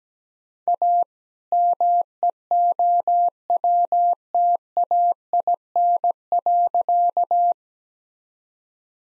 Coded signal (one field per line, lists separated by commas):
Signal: Morse code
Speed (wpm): 17 wpm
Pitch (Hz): 700 Hz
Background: none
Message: A MEOWTAIN.